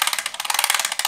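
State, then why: Not seated. A plastic launcher wheel on a toy car race track is turned by hand toward its set position, producing a fast, steady run of bright ratcheting clicks, with one sharper tick near 0.6 s. Nothing has seated or clicked into place yet.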